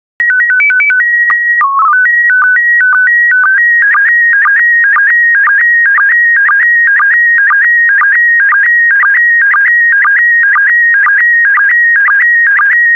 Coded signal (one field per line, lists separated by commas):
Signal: SSTV (slow-scan television)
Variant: PD 120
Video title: 77075 African Antelope SSTV PD120